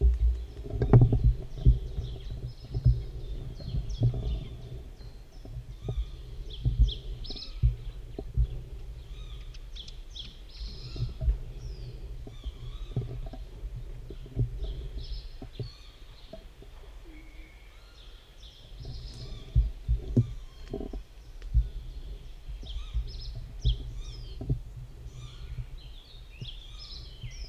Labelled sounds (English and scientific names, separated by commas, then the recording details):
Reed Bunting (Emberiza schoeniclus) song
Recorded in the wild
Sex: male
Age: adult
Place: Horn-Bad Meinberg, OT Billerbeck, Lipper Bergland, Nordrhein-Westfalen, DE
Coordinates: 51.8833, 9.03333
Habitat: pond
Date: 1970-05-19
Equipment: Uher 4000 Report-S, Bändchenmikro Beyer M 260, Parabolspiegel Polyester (470 mm)
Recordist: Conrads, Klaus
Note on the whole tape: NSG Norderteich. Männchen: Gesang. Teilweise starke Störgeräusche